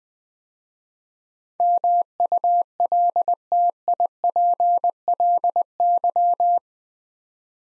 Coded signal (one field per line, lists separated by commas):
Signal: Morse code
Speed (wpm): 20 wpm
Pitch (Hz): 700 Hz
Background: none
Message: MULTIPLY